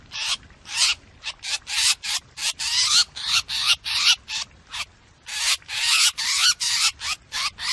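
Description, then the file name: Drongo distress calls: coarse, scraping screeches in an irregular rapid series, some notes longer and louder than others. Distress call (calling for help), used for luring. "Tieng cheo beo keu cuu"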